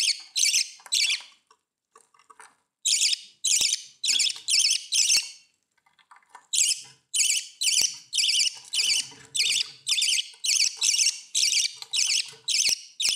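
Budgerigar chatter: rapid harsh, buzzy squawks repeated nearly twice a second in long runs, with a couple of brief pauses.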